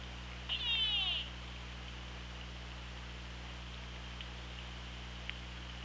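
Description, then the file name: Orca produces a single buzzy, pulsed call lasting under a second, then only faint underwater hiss and steady low hum remain. Recorded on the OrcaLab hydrophone, 24 August 2017, 18:11. "Orca Lab UTLN 20170824 181144"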